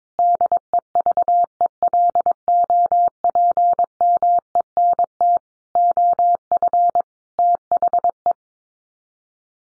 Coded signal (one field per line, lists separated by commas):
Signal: Morse code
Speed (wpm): 22 wpm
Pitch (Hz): 700 Hz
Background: none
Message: DEVELOPMENT OF THE